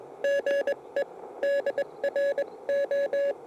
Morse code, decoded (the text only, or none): GE DR O